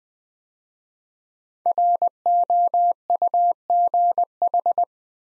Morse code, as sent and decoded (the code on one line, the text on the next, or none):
.-. --- ..- --. ....
ROUGH